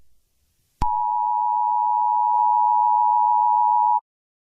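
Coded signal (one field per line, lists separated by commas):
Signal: Emergency Alert System (SAME) tones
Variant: 853 and 960 Hz attention tone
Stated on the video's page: Fictional EAS scenario, not a real alert.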